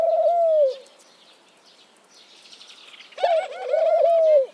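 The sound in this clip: Dove cooing: a falling coo at the start, a near-quiet gap, then a longer coo near the end.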